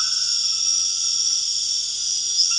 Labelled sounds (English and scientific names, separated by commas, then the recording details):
none
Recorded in dense forest near Puerto Asís, Putumayo, Colombia, on 9 March 2025 at 23:30
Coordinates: 0.481, -76.323
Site G088